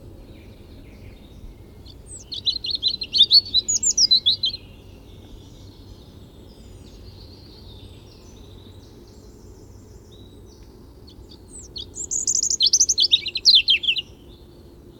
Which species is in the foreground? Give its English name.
European Robin